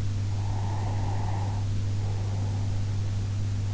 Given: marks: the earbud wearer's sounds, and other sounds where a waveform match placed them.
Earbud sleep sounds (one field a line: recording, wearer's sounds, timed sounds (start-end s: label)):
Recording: sounds in sleep by an in-ear microphone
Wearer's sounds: breath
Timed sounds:
0.39-3.30 s: breath